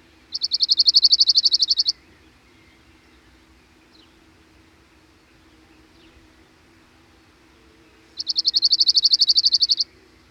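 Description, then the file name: Cirl bunting delivering two fast, even rattling trills on one high pitch, separated by roughly six seconds of near silence. "Cirl Bunting (Emberiza cirlus)"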